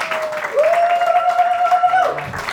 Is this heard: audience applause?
yes